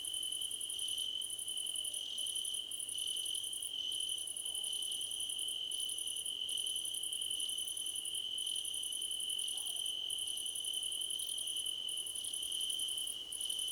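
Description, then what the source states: Many crickets calling together, one continuous shrill tone beneath rhythmic bursts of quick pulses of varying length with short gaps between. A crickets' choir competition.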